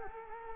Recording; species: mosquito wingbeat signal from an infrared sensor; Culex quinquefasciatus